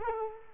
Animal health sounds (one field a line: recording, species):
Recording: mosquito wingbeat signal from an infrared sensor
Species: Culex quinquefasciatus